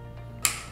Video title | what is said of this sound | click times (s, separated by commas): How to Install Inside Mount Lifestyle Motorized Solar | you should hear a click when it is securely installed | 0.5 s